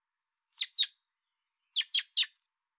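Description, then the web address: Common blackbird giving sharp, high clicking calls: a pair of notes, a pause, then a quick burst of three, against a silent background. "pub SETE data Turdus merula"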